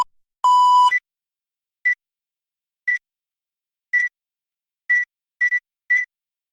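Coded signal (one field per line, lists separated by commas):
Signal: beep code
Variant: autoclave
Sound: one longer low beep, then repeated short high electronic beeps roughly each second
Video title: Autoclave Cycle Finish Beep Sound Effect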